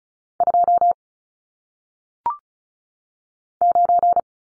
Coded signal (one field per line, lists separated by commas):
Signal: Morse code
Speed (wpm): 35 wpm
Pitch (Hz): 700 Hz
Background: none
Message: 2 9